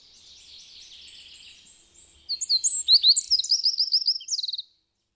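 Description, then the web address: Eurasian wren song: a softer-sounding phrase followed by a loud, hurried burst of high trilled notes and a rattling end, lasting about two seconds. "agykontroll Madardalok Cd 1. Ökörszem"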